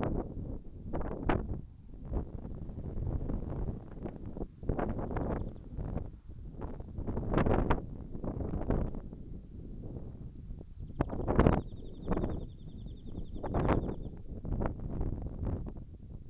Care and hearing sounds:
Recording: everyday scene through a hearing-aid microphone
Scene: wind on the microphone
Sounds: wind, birds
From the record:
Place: in front of a rural house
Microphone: behind the ear, left, rear

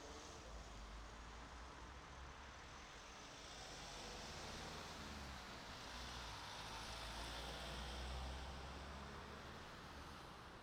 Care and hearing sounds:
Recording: everyday scene through a hearing-aid microphone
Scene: in traffic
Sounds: traffic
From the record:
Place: city secondary road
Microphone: in the ear canal, right

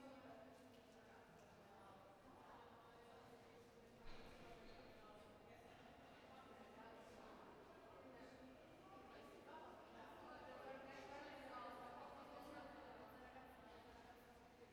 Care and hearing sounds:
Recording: everyday scene through a hearing-aid microphone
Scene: reverberant space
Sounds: background noise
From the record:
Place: railway station hall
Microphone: behind the ear, right, rear

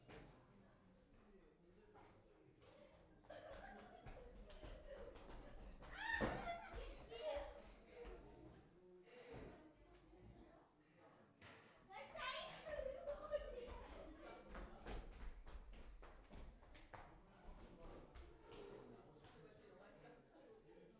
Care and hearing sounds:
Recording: everyday scene through a hearing-aid microphone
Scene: many people talking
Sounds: footsteps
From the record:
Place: parish hall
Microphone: behind the ear, left, rear

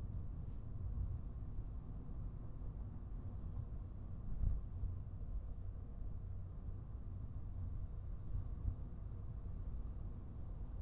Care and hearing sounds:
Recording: everyday scene through a hearing-aid microphone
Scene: in a vehicle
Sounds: engine, highway driving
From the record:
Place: Skoda Fabia, gasoline engine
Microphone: behind the ear, right, front

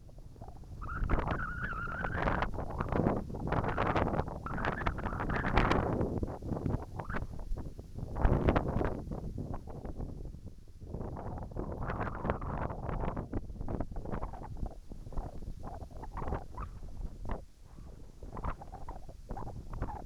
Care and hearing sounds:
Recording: everyday scene through a hearing-aid microphone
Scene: wind on the microphone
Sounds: wind, whistling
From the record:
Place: in front of a rural house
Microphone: behind the ear, right, rear

